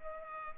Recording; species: mosquito wingbeat signal from an infrared sensor; Culex pipiens